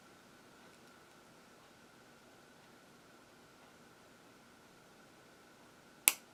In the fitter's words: snap into place and